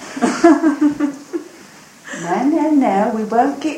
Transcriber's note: there is a lot of laughter